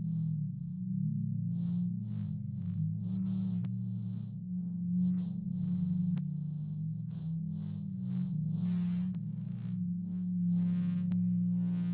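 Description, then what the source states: Blue whale call: a deep, continuous low hum with slight waver, overlaid by rapid soft pulsing and occasional sharp clicks. Recorded in the Atlantic.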